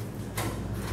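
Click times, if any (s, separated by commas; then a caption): none. The cleaned interior air filter of a countertop oven is handled as it is pushed up and then down into its track in the oven cavity. A brief broadband handling sound rises at about 0.4 s over a steady low hum, with another faint rise at the very end. Nothing has seated or clicked yet.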